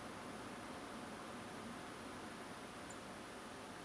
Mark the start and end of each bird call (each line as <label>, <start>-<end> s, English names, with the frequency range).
Song Thrush (6.8-10.6 kHz), 2.89-2.93 s